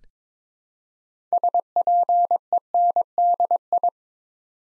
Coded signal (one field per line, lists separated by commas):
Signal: Morse code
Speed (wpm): 22 wpm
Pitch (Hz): 700 Hz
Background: none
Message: SPENDI